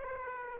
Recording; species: mosquito wingbeat signal from an infrared sensor; Aedes aegypti